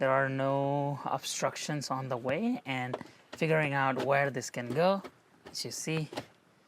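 An aftermarket rear entertainment screen for a Tesla Model 3/Y is lined up over the rear center console air-vent area and handled toward its mount while someone talks almost continuously. The screen has not clicked into place yet.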